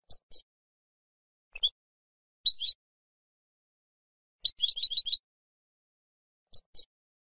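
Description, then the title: Goldfinch with scattered brief high chirps and paired notes, plus one short rapid twittering burst in the middle, separated by stretches of silence. "Jilguero"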